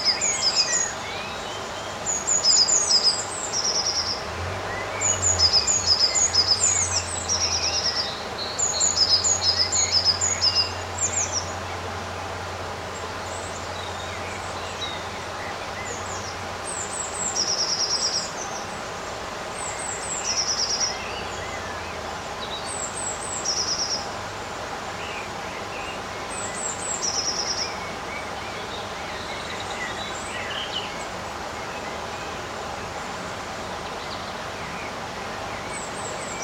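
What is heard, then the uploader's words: Birds sing throughout, with quick, high chirps and short bright trills repeating every second or two, busiest in the first ten seconds. A low hum runs beneath the opening sixteen seconds, then fades, leaving a steady soft background hiss under the continuing calls. Experience the magic of an almost windless summer day. Birds sing their sweet melodies.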